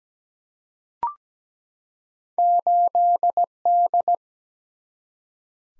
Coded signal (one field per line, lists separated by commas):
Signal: Morse code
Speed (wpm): 17 wpm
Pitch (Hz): 700 Hz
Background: none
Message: 8D